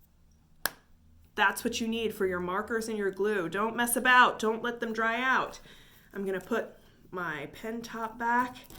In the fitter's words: push the top until you hear that click did you hear it listen